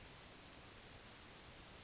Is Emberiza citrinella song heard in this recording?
yes